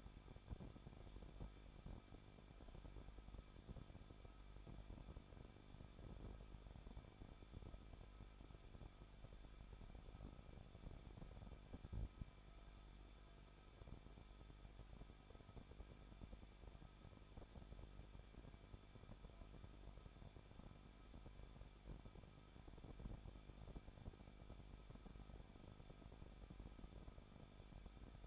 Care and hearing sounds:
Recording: daily activity, microphone in the room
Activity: no activity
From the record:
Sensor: 5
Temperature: 20.7 degrees Celsius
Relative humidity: 38.5%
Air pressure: 1006.5 hPa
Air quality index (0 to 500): 191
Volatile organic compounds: 20 ppm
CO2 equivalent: 2691 ppm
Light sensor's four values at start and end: 2/3/1/1 and 2/3/1/1

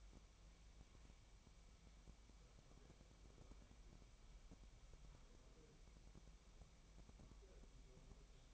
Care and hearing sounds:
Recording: daily activity, microphone in the room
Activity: wipe stove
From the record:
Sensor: 1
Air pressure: 1003.3 hPa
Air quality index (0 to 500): 200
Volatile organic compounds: 6 ppm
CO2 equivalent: 1910 ppm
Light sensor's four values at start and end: 8/19/8/9 and 8/19/8/9

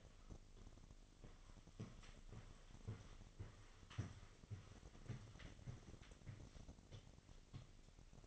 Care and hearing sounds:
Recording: daily activity, microphone in the room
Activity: walk to room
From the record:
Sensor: 4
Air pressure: 1000.3 hPa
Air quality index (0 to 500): 212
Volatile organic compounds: 22 ppm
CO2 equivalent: 2740 ppm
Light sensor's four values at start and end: 9/21/8/8 and 9/20/8/8

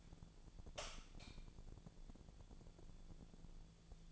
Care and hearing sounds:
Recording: daily activity, microphone in the room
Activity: light on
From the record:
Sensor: 5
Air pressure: 1000.2 hPa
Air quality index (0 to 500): 99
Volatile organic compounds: 1 ppm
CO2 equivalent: 804 ppm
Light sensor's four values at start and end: 157/376/159/174 and 158/380/160/175

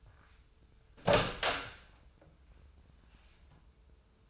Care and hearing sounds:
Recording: daily activity, microphone in the room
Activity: open door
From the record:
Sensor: 2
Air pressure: 996.0 hPa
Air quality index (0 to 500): 47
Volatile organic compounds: 1 ppm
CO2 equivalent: 928 ppm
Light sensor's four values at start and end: 11/27/11/12 and 11/27/11/12

